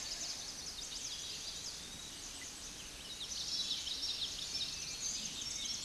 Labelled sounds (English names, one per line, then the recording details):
Common Yellowthroat song
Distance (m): 40 m
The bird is about 5 m below the microphone
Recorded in a Pennsylvania forest on 16 May 2024 at 09:03
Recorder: AudioMoth, point MSD-0508
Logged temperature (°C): 15.5 °C
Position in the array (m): 56 m, 154 m